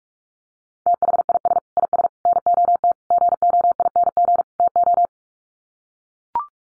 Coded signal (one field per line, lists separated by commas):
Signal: Morse code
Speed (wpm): 44 wpm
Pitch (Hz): 700 Hz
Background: none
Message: THIS IS NOT GOING TO